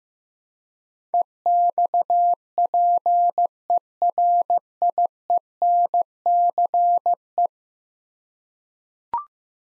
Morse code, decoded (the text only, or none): EXPERIENCE